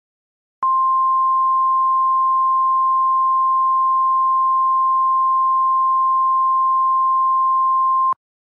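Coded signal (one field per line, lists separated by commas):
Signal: Emergency Alert System (SAME) tones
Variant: 1050 Hz attention tone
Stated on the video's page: Fictional EAS scenario, a simulated alert remade from another creator's version.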